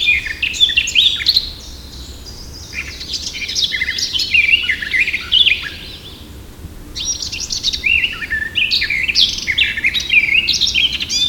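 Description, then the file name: Eurasian blackcap sings a quick warbled phrase, a softer middle passage, then a louder, busy run of twittering and clear whistled notes. "Sylvia atricapilla"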